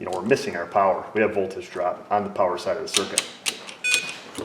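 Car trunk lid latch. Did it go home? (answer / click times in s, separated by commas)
partly / 3.5 s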